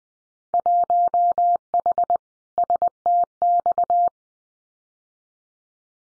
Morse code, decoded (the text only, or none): 1H STX